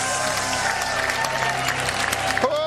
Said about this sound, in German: Komm, lass uns mal Jesus, dem Täufer, dem Heiligen Geist und mit Feuer mal einen kräftigen Applaus geben.